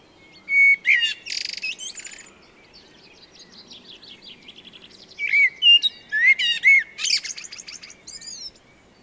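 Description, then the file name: Eurasian blackbird, a loud fluty whistle with a shrill chattering end, then softer twittering and a second rich whistled phrase with squeaky notes. "Turdus merula"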